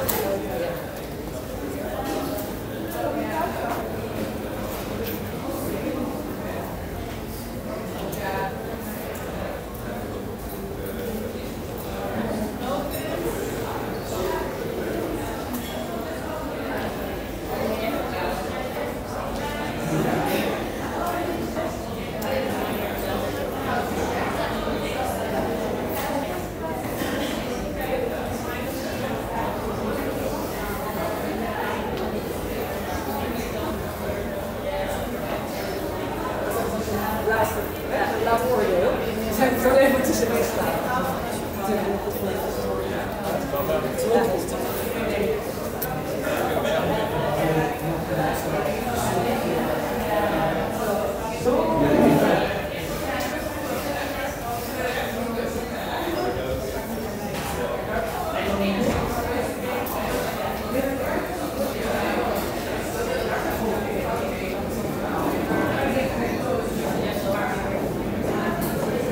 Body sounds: background sound without coughing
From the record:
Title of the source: 40 min - Ambience sounds UNIVERSITY lunchroom chatting

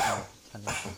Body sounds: coughing mixed with background sound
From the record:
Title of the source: Spring Cold Coughing 2

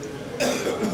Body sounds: coughing mixed with background sound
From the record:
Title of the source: Spring Cold Coughing 3

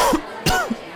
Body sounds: coughing mixed with background sound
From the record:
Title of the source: Coughing 51

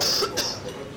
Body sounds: coughing mixed with background sound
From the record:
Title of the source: November cold (wet coughing)

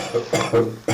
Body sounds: coughing mixed with background sound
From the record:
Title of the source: Cough Around the Clock!

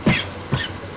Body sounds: coughing mixed with background sound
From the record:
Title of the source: Dry Coughing Fit in the Afternoon.

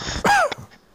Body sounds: coughing mixed with background sound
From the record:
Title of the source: Heavy cold and sore throat coughing.

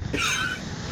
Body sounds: coughing mixed with background sound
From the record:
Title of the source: 64 coughing, allergies, singing lungs

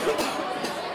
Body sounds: coughing mixed with background sound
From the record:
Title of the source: 61 morning phlegmy cough...again

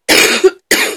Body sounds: coughing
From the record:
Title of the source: 60 coughing still (deep and wet cough)

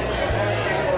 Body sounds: background sound without coughing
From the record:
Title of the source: CITY SOUNDS Busy Bar in the Evening Night - 2 HOURS of Ambiance for Relaxation

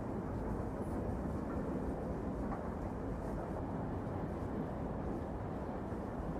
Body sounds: background sound without coughing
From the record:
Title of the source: Train Ride Ambience ambient white noise for sleeping, focus, studying, reading

